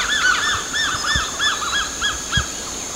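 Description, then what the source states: Bushy-crested hornbills giving quick, overlapping, upslurred-then-falling yelps in a busy chattering series, with a constant high insect hum and a few low thumps. Recorded at Danum on 8 August 2009.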